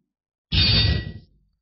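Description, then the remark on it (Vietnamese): A single loud metallic clang rings out sharply, its bright shimmering tone sustaining briefly before decaying over about a second, as a black-gold sword is drawn and immediately swung down. “Một tiếng kiếm rung keng vang lên, rút ra lồng vàng hắc kim thánh linh kiếm lập tức vỗ xuống.”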